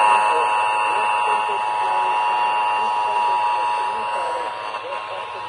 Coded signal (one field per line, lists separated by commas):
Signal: Emergency Alert System (SAME) tones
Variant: 853 and 960 Hz attention tone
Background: speech